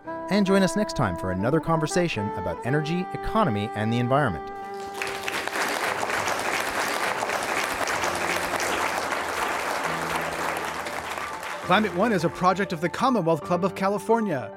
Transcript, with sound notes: And join us next time for another conversation about energy, economy, and the environment.
[Applause]
Climate One is a special project of The Commonwealth Club of California.